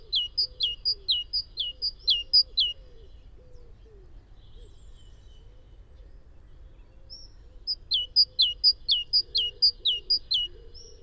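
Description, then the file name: Great tit song: two bouts of rapid, rhythmic two-part notes, high then falling, separated by a quiet pause of several seconds. "Parus major"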